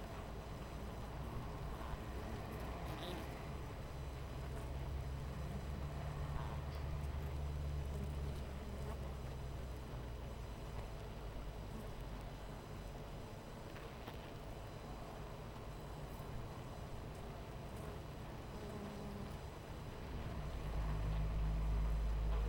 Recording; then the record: honeybee colony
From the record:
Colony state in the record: missing queen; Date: 14 July 2017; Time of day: 12:38